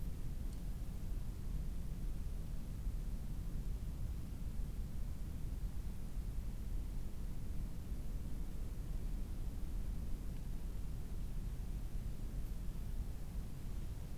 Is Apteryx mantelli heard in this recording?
no